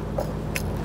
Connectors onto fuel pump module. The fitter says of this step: Make sure that you feel them and hear them snap into place.